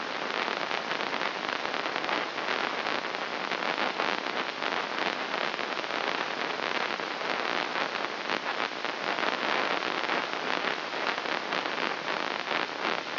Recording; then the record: brain microelectrode recording played as sound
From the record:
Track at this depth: inside the subthalamic nucleus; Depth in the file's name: 6.109 mm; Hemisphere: left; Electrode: 3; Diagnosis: Parkinson's disease